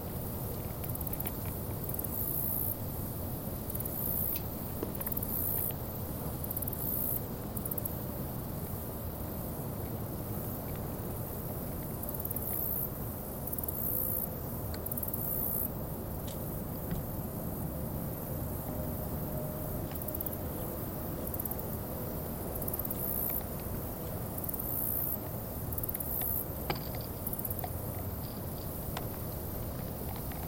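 A river churns in a steady, dense low rumble that fills the whole half minute at an even level. High, thin cricket trills come and go in pulsing bursts, clustered early, mid-way and near the end, with faint rustling and humming beneath.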